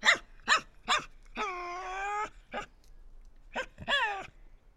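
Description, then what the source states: Tasmanian devil whines and snorts: three quick harsh bursts, a sustained nasal whine, then further snorts and a shorter falling whine. Resident devils in an enclosure at a conservation facility, Cradle Mountain, Tasmania, disputing who has priority; October 24, 2007.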